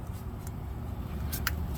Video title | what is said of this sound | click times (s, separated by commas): 2012 Nissan Altima 2.5s Front brake pads | heard it snap now see how much freer those move | 1.5 s